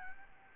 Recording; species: mosquito wingbeat signal from an infrared sensor; Aedes albopictus